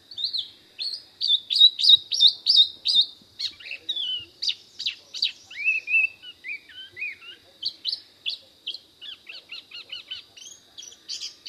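Spot-throated babbler calling with fast, sharp chirps, then lower slurred whistles midway, then quick high chirps again in an uneven, busy sequence.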